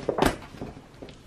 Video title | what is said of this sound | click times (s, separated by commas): RALENO SOFTBOX PHOTO/VIDEO LIGHTS | that locks into place and forms the | 0.2 s